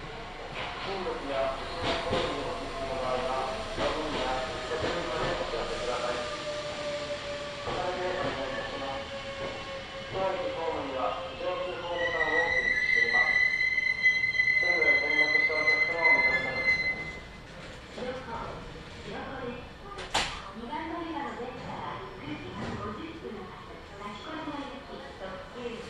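Inside a Kintetsu Nagoya Line local train running from Shiohama to Shiroko, voices murmur over the steady rumble of the car. Around twelve to seventeen seconds a high, sustained squeal rises above the rumble, and a sharp click sounds near twenty seconds.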